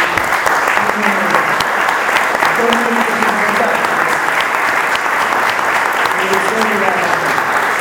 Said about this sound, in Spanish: y le pido un aplauso para ella.